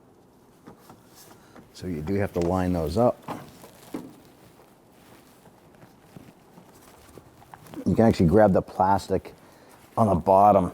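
A plastic parking light assembly from a 2008–2017 Buick Enclave is lined up with its mounting points on the front bumper while someone talks, with faint handling knocks and taps around 4.0 s and 7.5–7.7 s. Nothing has seated or clicked yet.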